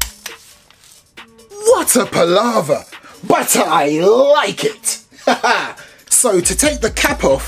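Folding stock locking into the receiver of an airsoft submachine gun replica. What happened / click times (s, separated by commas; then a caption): A metal stock latch clicked into place / 0.0 s. The metal folding stock of an S&T Sterling MK5 L34A1 airsoft electric gun replica snaps into place in the receiver with a sharp metallic click at 0.0 s, after one section is raised a little so it will click home. Two fainter clicks follow, then someone talks over background music. The stock is locked in place.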